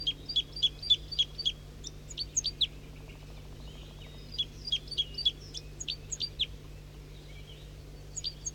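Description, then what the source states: Red crossbill calls, sharp clipped kip notes in quick irregular clusters, pausing midway then resuming, over a steady low hum. In flight from the top of a pine tree; 7:05 a.m.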